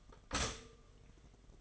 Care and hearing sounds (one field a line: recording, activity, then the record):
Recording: daily activity, microphone in the room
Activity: stop toaster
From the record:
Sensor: 4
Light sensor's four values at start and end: 17/58/22/20 and 17/58/22/20